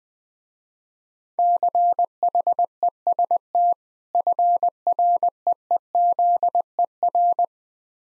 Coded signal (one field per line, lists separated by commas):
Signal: Morse code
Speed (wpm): 20 wpm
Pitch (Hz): 700 Hz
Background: none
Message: CHEST FREEZER